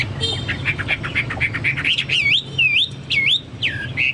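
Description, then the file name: Chinese hwamei singing: quick chattering notes give way to loud swooping whistles that dip and rise again, with a low hum underneath. "hwamei-2-omkicau"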